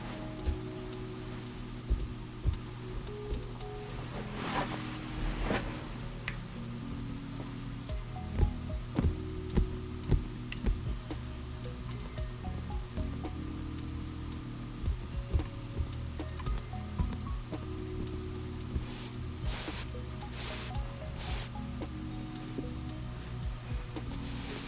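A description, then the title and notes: Soft brushing and rubbing of makeup being applied, with scattered light taps and clicks throughout. Steady low hum sits underneath, and a few brighter swishes stand out around five seconds and near eighteen to twenty-one seconds. TimASMR-LoFi Doing your Makeup Sounds (Brushing, Tapping, Personal Attention, No Talking).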